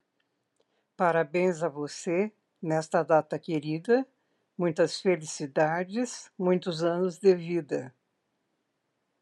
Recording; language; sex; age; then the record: short text; Brazilian Portuguese; female; 60 to 69 years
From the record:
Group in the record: control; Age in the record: 66 years